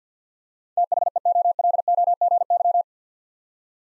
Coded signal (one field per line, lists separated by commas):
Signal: Morse code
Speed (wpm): 50 wpm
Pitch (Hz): 700 Hz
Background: none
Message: THEOLOGY